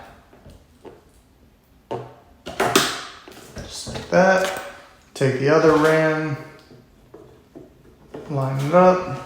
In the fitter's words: nice and neat and then just push down until you hear a snap just like